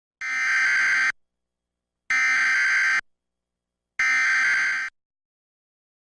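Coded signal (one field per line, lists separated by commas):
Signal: Emergency Alert System (SAME) tones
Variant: header bursts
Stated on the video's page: Iowa Required Monthly Test originated from an AM station and relayed on all Iowa radio and TV stations.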